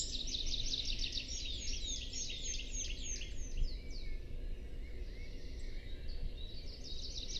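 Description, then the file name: Eurasian wren song of quick high descending notes and trills for a few seconds, then fading to softer twitters before a brief return of trills near the end, against steady low rumbling noise. "Troglodytes troglodytes"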